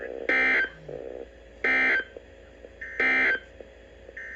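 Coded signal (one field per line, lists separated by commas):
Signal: Emergency Alert System (SAME) tones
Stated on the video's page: Five consecutive alert headers from NOAA Weather Radio station KIG86 in Columbus, Ohio: tornado, flood and three severe thunderstorm warnings.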